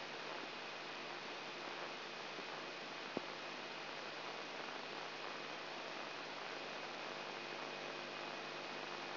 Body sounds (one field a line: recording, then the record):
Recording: brain microelectrode recording played as sound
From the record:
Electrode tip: inside the subthalamic nucleus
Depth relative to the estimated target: 3 mm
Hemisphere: right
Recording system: AlphaMap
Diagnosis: Parkinson's disease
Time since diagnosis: 8 years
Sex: male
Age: 59 years